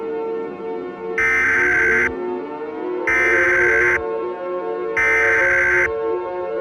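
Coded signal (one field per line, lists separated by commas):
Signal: Emergency Alert System (SAME) tones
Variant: header bursts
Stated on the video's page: Fictional EAS scenario, not a real alert, using synthesized sirens for a shelter-in-place warning.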